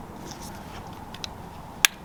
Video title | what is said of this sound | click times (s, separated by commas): BEST FOG LIGHTS FOR 4Runner!! (Baja Squadron SAE) | There we go. So I got that clipped in. | 1.8 s